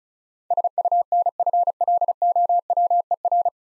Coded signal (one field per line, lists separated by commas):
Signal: Morse code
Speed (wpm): 35 wpm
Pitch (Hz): 700 Hz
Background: none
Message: SUNFLOWER